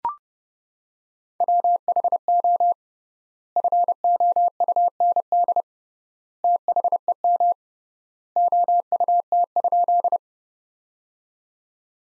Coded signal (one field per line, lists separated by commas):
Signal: Morse code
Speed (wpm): 32 wpm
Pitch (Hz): 700 Hz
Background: none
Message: WHO FOUND THEM OUT?